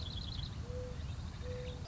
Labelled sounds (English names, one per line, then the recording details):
Mourning Dove
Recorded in Sonoma County, California